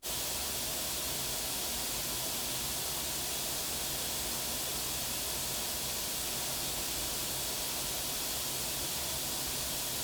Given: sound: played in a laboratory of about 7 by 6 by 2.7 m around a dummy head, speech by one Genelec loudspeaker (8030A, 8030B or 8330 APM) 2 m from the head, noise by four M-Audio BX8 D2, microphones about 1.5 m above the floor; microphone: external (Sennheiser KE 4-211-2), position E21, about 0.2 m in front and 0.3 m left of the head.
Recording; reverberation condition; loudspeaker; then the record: white noise; low; four, about 170 cm from the corners of the room and facing them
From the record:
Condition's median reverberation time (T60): about 310 ms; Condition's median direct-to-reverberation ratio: about 3.5 dB